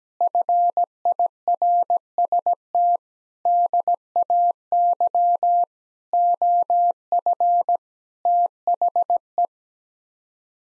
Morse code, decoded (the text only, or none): FIRST DAY OF THE